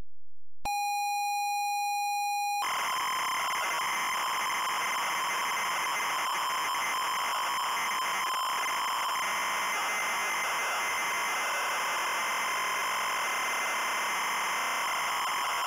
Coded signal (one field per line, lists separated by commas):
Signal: ZX Spectrum tape loading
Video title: Hudson Hawk (ZX Spectrum)